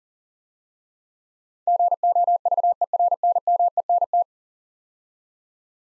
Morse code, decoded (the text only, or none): GOVERNMENT